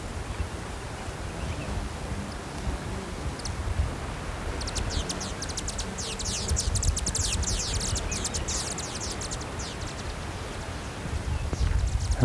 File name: Chaetocercus bombus - Little Woodstar